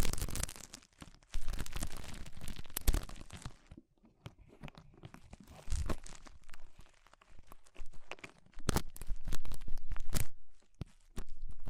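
Ear cleaning with rhinestone and clay removal: dense, crackly scraping and crinkling sounds come in bursts, loud from about 1 to 4 seconds, then quieter and sparser. Sharp clicks and crunches punctuate it, with stronger bursts near 9 and 11 seconds.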